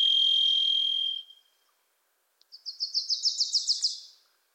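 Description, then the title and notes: Varied Thrush song: one long, steady, slightly buzzy whistled note that fades out, followed after a pause by a Wilson's Warbler's quick rising chattering series. Singing from deep within Pacific Northwest forest, voice reverberant and hard to locate; Wilson's Warbler singing alongside. "The Varied Thrush, Ixoreus naevius, is a wisp in the forests of the Pacific Northwest."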